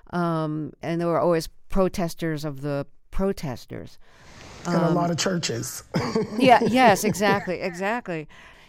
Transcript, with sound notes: And there were always protesters of the protesters.
And a lot of churches (laughter).
Yes. Yes, exactly. Exactly.